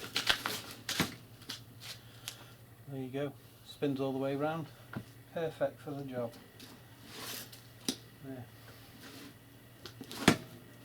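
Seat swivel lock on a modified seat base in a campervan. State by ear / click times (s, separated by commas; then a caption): seated / 10.3 s. A rotating seat on a modified swivel base in an Iveco Daily campervan is turned back into position while someone talks, with scattered knocks and rattles of the seat moving. At 10.3 s the metal swivel lock engages with a sharp clunk, and the seat is locked in place.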